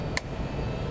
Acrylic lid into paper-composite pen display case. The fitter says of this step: to let it click in place